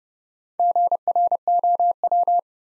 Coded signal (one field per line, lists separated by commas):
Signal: Morse code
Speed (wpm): 30 wpm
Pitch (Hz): 700 Hz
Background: none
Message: GROW